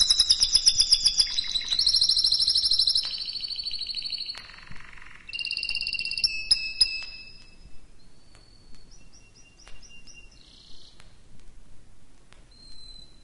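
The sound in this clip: Canary song: loud fast trills and buzzy rolls for several seconds, then quieter short whistled phrases with gaps between them.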